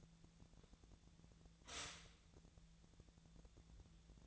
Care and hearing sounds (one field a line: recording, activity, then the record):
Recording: daily activity, microphone in the room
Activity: stop toaster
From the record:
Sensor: 3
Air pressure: 1000.2 hPa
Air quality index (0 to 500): 156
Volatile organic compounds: 3 ppm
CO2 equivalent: 1377 ppm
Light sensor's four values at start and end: 36/93/39/42 and 36/92/39/42